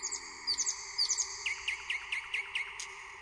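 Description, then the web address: Bird song made of bright downslurred chirps repeated rapidly, several per second, high notes weaving over lower ones, with a steady background hum. A strange trill in a deep green forest. "zvuk na cudna trelicka v zelena dlboka gora"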